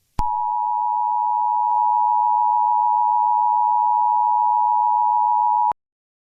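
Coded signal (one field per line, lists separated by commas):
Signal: Emergency Alert System (SAME) tones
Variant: 853 and 960 Hz attention tone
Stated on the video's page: Fictional EAS scenario.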